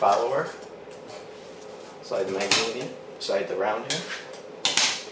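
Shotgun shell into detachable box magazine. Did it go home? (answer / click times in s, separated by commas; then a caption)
yes / 4.7 s. A 12-gauge shotgun shell is pushed under the lips of a detachable box magazine for an Akdal MKA 1919 shotgun, past the follower, and rocked into place while someone talks. A sharp click at 4.6 seconds marks the shell's rim seating in the magazine.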